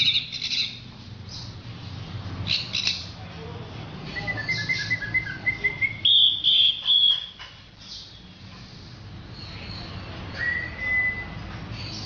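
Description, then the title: Orange-headed thrush song with scratchy high notes, a clear whistled trill and a loud whistled phrase midway, then quieter scattered notes against a low background hum. "Anis Merah"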